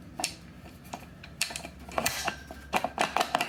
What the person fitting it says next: Just twist it a little bit and it snaps in place pretty good.